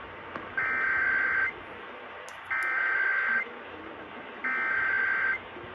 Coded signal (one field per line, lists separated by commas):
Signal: Emergency Alert System (SAME) tones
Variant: header bursts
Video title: Much Better…Sorta. EAS Alerts From June 13-15, 2023